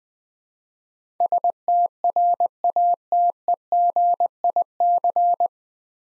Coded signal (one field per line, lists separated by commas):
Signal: Morse code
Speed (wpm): 20 wpm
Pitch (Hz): 700 Hz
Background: none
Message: STRATEGIC